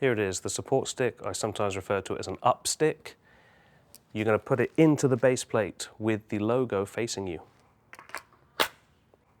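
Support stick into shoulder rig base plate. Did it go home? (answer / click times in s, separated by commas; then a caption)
yes / 7.9 s, 8.1 s, 8.6 s. Someone talks, then pushes a support stick into the base plate of a shoulder rig with the logo facing them. Sharp clicks are heard at about 7.9, 8.2 and 8.6 seconds as the stick locks into place and is engaged.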